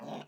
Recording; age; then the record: pig call; piglet (1 to 25 days)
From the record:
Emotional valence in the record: negative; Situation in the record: long isolation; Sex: female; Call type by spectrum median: low-frequency call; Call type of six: mixed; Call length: 0.28 s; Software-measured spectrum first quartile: 290 Hz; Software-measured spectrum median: 590 Hz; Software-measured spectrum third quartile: 984 Hz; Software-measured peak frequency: 234 Hz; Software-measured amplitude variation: 136 dB a second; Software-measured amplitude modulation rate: 16.2 a second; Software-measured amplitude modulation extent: 8.4 dB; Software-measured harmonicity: 0.1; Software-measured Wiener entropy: -0.20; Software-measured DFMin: 723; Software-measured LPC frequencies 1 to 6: 699, 2886, 3787, 4935, 5793, 6576 Hz